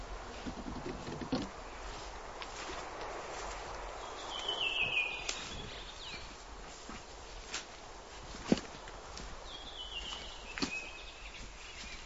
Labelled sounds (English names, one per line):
Redwing song